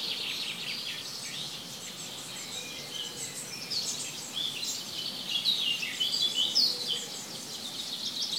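Birds singing together in a thick high twittering chorus of sharp chirps over a hissing background.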